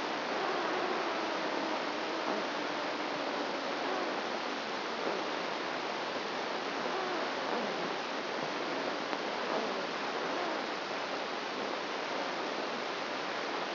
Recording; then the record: brain microelectrode recording played as sound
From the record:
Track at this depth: outside the subthalamic nucleus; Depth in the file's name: -0.51 mm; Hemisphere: right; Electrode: 2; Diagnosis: Parkinson's disease